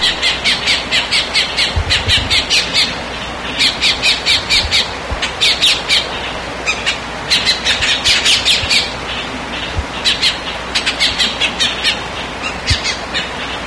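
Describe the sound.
Bird repeatedly squawking, grating notes in dense bursts of several calls with short gaps, continuing the whole time, with scattered low bumps.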